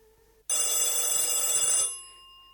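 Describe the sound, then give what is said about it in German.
A telephone connected to a loudspeaker rings once in a loud, metallic, rattling burst lasting under two seconds, then fades out with a short lingering ring. No voices are heard. “Endlich klingelte das Telefon.”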